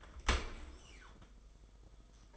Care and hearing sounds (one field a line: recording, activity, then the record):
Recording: daily activity, microphone in the room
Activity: open dishwasher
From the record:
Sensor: 5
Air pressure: 990.6 hPa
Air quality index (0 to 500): 161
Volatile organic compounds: 264 ppm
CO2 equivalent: 4397 ppm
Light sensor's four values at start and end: 36/111/43/46 and 37/113/44/46